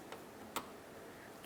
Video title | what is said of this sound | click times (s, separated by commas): How To Replace Fog Light Kit 2006-2012 Toyota Rav4 | give that a nice click | 0.6 s